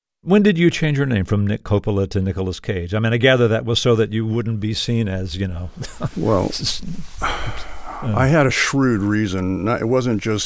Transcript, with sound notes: When did you change your name from Nic Coppola to Nicolas Cage? I mean, I gather that was so that you wouldn't be seen as, you know - (laughter).
Well, I had a shrewd reason.